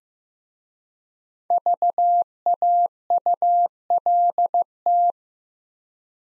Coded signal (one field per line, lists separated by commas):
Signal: Morse code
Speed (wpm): 15 wpm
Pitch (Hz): 700 Hz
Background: none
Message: VAULT